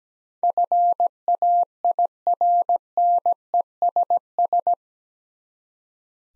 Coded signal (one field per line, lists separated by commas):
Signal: Morse code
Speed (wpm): 17 wpm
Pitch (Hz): 700 Hz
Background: none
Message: FAIRNESS